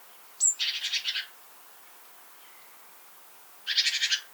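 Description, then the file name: Great tit call: a sharp high note running into a rasping, pulsed churr, then another churr after a pause. "Parus major"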